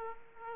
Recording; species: mosquito wingbeat signal from an infrared sensor; Aedes aegypti